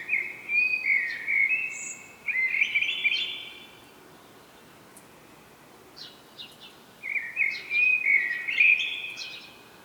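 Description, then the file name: Common blackbird song: mellow flute-like phrases with high scratchy twitters, a long quiet pause, then faint squeaky notes and another rich warbled phrase. "Turdus merula"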